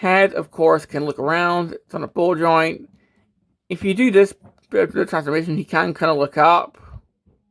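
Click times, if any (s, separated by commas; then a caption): none. Someone talks while handling the ball-jointed head of a plastic action figure, turning it to look around and moving it into the look-up position. Nothing has seated or clicked yet by the end of the clip.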